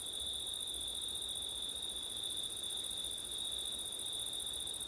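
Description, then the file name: Crickets trilling steadily, a high sustained tone with a still higher buzzing trill above it, and light wind underneath. Crickets recorded on a September night with wind. "crickets wind september night ortif"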